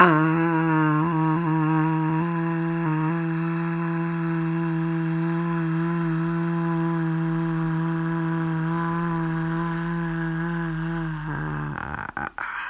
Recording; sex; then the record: sustained vowel /a/; female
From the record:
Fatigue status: no fatigue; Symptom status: symptomatic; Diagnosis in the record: COVID-19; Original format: m4a